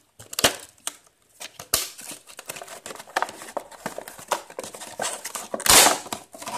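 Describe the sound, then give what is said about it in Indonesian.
Plastic packaging of a Kritek Plus rat-repeller device, already cut with scissors, crinkles and rustles as it is opened, with sharp crackling bursts, several distinct snaps, and a louder rustle near the end, no voices heard. “Saya ke plastik. Ini sudah saya gunting ya. Saya buka.”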